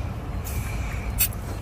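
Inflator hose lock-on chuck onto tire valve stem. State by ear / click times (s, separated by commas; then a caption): seated / 1.2 s. A nitrogen tire inflator's locking hose chuck is held down and pushed onto a car tire's valve stem over a steady low background rumble. A short, sharp click at 1.2 s marks the chuck locking onto the valve stem, seated.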